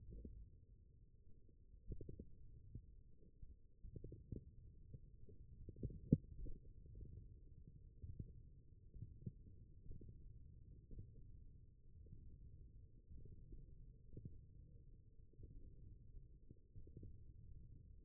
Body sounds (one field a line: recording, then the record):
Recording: forearm muscle sounds (acoustic myography)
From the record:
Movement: hand closing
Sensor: system 1, eight BSWA MPA416 microphones around the upper forearm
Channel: 7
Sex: male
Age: 20 years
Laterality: left